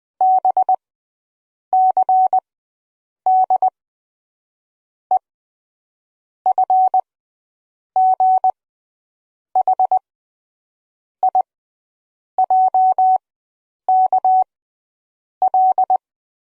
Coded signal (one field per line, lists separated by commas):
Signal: Morse code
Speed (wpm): 20 wpm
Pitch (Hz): 750 Hz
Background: none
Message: B C D E F G H I J K L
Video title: 摩斯密碼的音效，你懂了嗎？